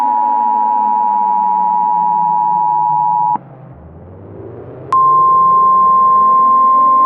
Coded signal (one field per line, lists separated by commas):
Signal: Emergency Alert System (SAME) tones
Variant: 853 and 960 Hz attention tone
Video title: EAS Mock Scenario: Complete Randomness